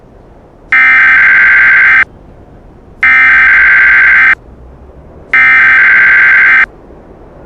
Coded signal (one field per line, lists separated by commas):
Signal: Emergency Alert System (SAME) tones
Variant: header bursts